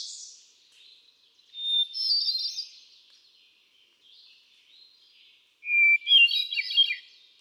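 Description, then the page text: Hermit thrush songs: a higher fluty phrase early on, then after a pause a lower-starting whistle breaking into rich tumbling notes; faint sounds between phrases. Male singing, cycling through a repertoire of about ten different songs; 13 June 2006, Quabbin Park, Ware, Massachusetts. "Birdsong for the Curious Naturalist. Hermit thrush. A truly gifted and inspiring songster. Can you hear how he cycles through his repertoire of about ten different songs? June 13, 2006. Quabbin Park, Ware, Massachusetts"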